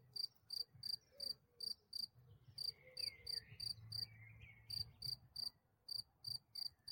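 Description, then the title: Cricket chirps, short high pulses about three each second with a few brief pauses, over a low hum and faint background sounds. "grillon"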